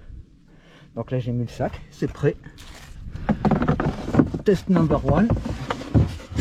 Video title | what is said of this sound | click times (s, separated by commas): Nouvelle maison | Hop, et ça vient se clipser. Parfait. | 5.7 s